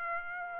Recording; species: mosquito wingbeat signal from an infrared sensor; Aedes aegypti